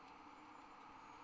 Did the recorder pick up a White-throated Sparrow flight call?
no